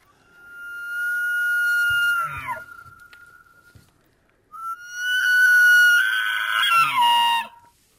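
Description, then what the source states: Elk bugling: a long pure whistle that holds steady then breaks into a harsh squealing drop, followed by a second louder whistled bugle with grating overtones. Bull (male) elk bugling.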